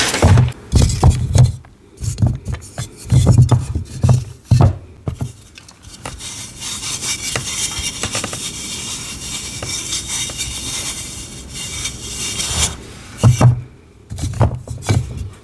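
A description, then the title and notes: Crushing of gym chalk blocks: for the first five seconds, heavy dull thuds come about once a second, each with a gritty crackle. A steady bright paper rustle and rubbing fills the middle, then two or three more crunching thumps end it. Unwrapping Gym Chalk ASMR Sounds. Loud ASMR sounds of unwrapping gym chalk blocks, paper unwrapping, and crushing sounds.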